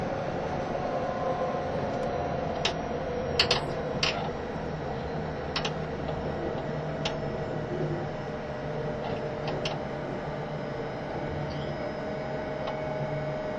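Inside an E351 series limited express train running between Hachioji and Shinjuku, a steady low rumble and hum fill the whole stretch with little change in level. Brief sharp clicks and knocks break through now and then, clustered around the first four seconds and scattered later.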